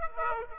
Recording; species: mosquito wingbeat signal from an infrared sensor; Aedes aegypti